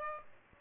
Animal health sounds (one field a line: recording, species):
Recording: mosquito wingbeat signal from an infrared sensor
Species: Aedes albopictus